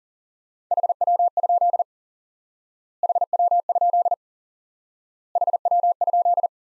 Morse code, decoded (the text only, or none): HW? HW? HW?